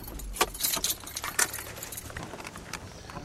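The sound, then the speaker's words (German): Drink crates rattle and clink in a vehicle's cargo hold as it turns off the road across a mown mountain meadow, a busy jangling clatter of bottles over a low engine rumble, with sharper knocks now and then. No one speaks. “Im Laderaum klappern Getränkekisten.”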